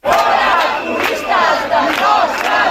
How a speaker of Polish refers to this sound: W weekendowej manifestacji w Barcelonie wzięło udział kilka tysięcy ludzi. Przeszli oni przez najpopularniejszą wśród turystów część centrum miasta. Pochód był barwny i hałaśliwy i przypominał momentami karnawałową zabawę